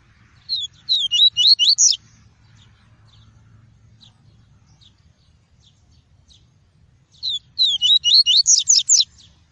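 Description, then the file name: Double-collared seedeater song: two bright phrases of rapid, looping high whistled notes, with near silence between them. "Tui-tui" song variety. "canto do papa capim tui tui"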